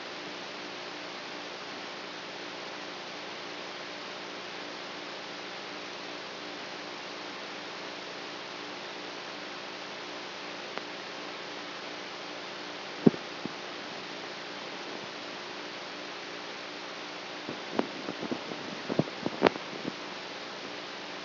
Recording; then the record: brain microelectrode recording played as sound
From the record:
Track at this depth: outside the subthalamic nucleus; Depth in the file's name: -0.11 mm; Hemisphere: right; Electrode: 3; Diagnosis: Parkinson's disease